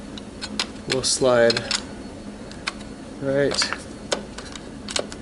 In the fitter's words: You hear that snap, you're good.